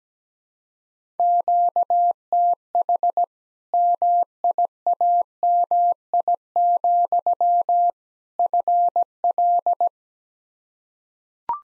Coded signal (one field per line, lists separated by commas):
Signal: Morse code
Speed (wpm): 17 wpm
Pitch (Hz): 700 Hz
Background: none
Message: QTH MIAMI, FL